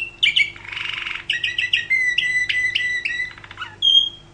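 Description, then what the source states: Canary song: rapid chirps and a short buzzy rattle, followed by a spaced series of clear whistled notes, a dry trill, and a final high pure whistle; faint hum. Champion canary song, described as kicau (chirping).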